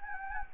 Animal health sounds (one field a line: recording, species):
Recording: mosquito wingbeat signal from an infrared sensor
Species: Anopheles gambiae